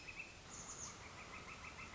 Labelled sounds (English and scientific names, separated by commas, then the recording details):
Northern Flicker (Colaptes auratus)
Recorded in Sonoma County, California